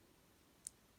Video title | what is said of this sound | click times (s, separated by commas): Deluxe Class Animated Universe Prowl Review - Transformers Legacy Evolution | you can almost kind of hear when it clicks into place. | 0.7 s